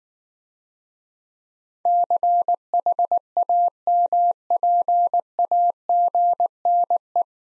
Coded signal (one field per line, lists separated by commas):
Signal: Morse code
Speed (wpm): 19 wpm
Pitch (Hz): 700 Hz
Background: none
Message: CHAMPAGNE